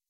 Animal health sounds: hydrophone in a shrimp aquaculture tank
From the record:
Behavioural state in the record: weakened

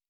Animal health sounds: hydrophone in a shrimp aquaculture tank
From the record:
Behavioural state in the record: normal

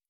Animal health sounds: hydrophone in a shrimp aquaculture tank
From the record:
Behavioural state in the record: stressed

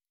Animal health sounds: hydrophone in a shrimp aquaculture tank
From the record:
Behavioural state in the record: stressed

